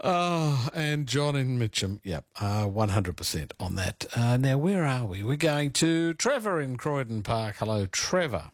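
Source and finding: Adult male. Typical speech.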